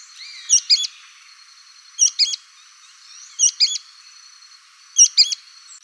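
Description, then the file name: Sooty-fronted spinetail song: a high, sharp two-note phrase, given four times about every one and a half seconds over a steady high hum. "canto do petrim"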